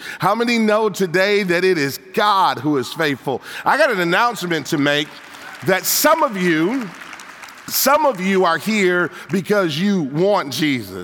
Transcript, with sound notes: How many know today that it is God who is faithful!? (applause) I’ve got an announcement to make, that some of you are here because you want Jesus.